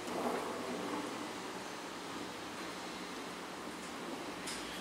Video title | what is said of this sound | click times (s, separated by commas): Melhorias na Oficina Power Hot | não travou não. Deixa eu subir mais que ele não chegou na trave ainda não. | none